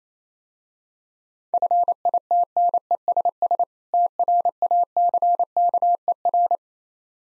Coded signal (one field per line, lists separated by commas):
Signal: Morse code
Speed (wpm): 27 wpm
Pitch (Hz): 700 Hz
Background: none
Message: FITNESS TRACKER